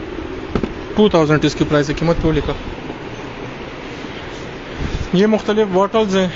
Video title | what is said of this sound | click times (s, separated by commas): Laat Imported Mix Items | lock हो गया है | 0.6 s